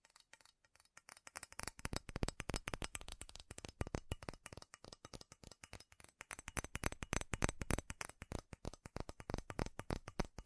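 Fast, furious tapping on metal, a dense stream of sharp clicking strikes that starts sparse, then runs rapid and uneven throughout.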